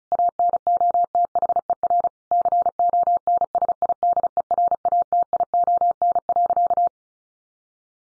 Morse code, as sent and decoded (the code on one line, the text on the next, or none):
.- -. --- - .... . .-. / -.-. --- -. ... .. -.. . .-. .- - .. --- -. .-.-.-
ANOTHER CONSIDERATION.